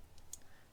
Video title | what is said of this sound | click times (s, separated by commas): Hayman Reece CompactIQ Brake Controller INSTALL - 2021 Isuzu D-MAX X-Terrain | until it clicks in like that as well | 0.3 s